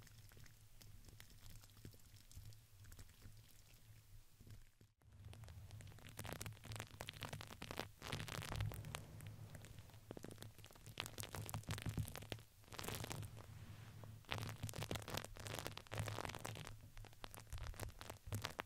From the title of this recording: Crinkles, Plastic, Brush, Silicone, Glass, Paper